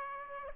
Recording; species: mosquito wingbeat signal from an infrared sensor; Aedes aegypti